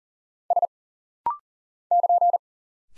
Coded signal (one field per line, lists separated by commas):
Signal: Morse code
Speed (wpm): 40 wpm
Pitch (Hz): 700 Hz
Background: none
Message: S <KN>